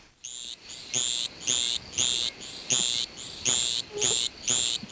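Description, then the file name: Javelin frog calling: short, high, insect-like chirps repeated roughly twice a second in a steady series. "Litoria microbelos"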